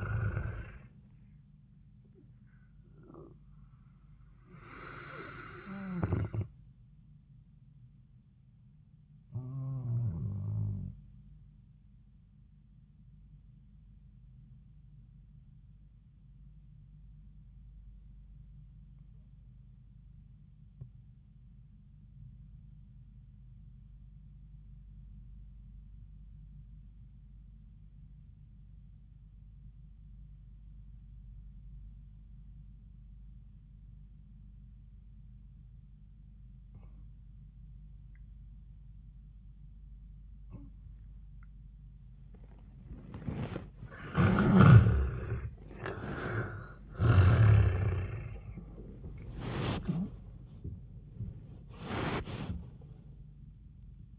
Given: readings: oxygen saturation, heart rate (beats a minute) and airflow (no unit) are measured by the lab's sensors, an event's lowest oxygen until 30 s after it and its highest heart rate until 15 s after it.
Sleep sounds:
breathing in sleep by a smartphone at the bedside; 1
2.00-32.00 s: new sleep stage, N1 (lightest sleep)
13.00-41.70 s: obstructive apnea (N1, oxygen 97% highest, then 74% lowest, heart rate 82 at the start, 94 highest)
32.00-54.19 s: new sleep stage, N2 (light sleep)
From the record:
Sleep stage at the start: N2 (light sleep); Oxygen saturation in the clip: 74 to 97%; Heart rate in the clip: 73 to 94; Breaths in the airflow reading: 5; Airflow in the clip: -12.2 to 11.5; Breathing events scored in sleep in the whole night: 400 in 8.7 hours asleep

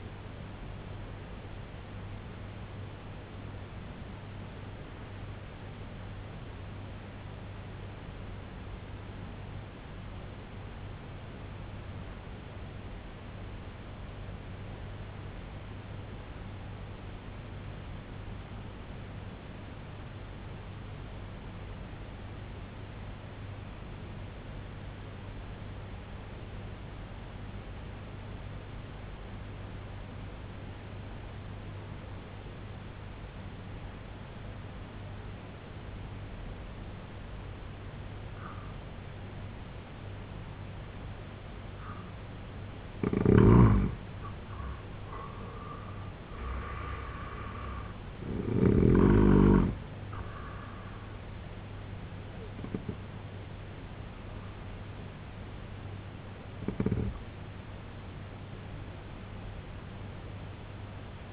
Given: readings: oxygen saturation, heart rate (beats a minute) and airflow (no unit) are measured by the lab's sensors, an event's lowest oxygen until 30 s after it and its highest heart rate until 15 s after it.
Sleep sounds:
breathing in sleep by a voice recorder at the bedside; 1
8.00-42.60 s: obstructive apnea (N1, oxygen 95% highest, then 80% lowest, heart rate 70 at the start, 88 highest)
18.00-61.33 s: new sleep stage, N2 (light sleep)
From the record:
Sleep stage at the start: N1 (lightest sleep); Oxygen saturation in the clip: 81 to 95%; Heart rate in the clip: 63 to 91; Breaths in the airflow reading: 6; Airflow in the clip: -9.4 to 10.9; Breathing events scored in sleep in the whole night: 258 in 7.4 hours asleep

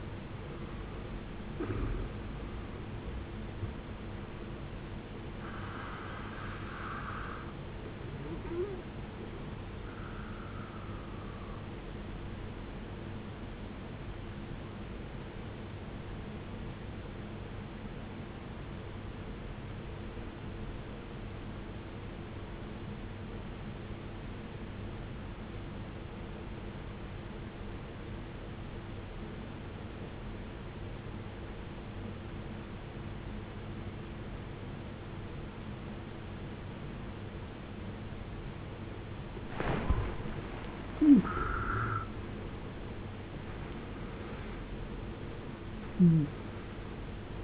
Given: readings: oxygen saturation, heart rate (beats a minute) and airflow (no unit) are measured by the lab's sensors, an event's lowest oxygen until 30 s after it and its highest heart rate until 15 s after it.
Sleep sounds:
breathing in sleep by a voice recorder at the bedside; 1
20.00-39.30 s: obstructive apnea (N1, oxygen 94% highest, then 75% lowest, heart rate 63 at the start, 78 highest)
From the record:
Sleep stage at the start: N1 (lightest sleep); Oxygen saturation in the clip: 74 to 94%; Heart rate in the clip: 54 to 83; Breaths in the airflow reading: 7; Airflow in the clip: -15.2 to 16.3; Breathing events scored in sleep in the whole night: 389 in 6.3 hours asleep

